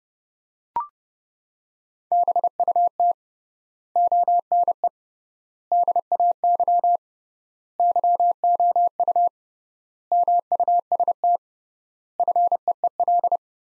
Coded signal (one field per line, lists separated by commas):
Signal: Morse code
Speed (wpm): 32 wpm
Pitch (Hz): 700 Hz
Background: none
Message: BUT ONE DAY YOU MUST FEEL